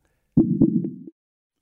The largest mammal, the blue whale, for example, has a heart the size of a sofa, and their heartbeats per minute have been recorded as low as 2 per minute. And that's the slowest heartbeat of any warm-blooded mammal. That sounds like someone banging a huge drum.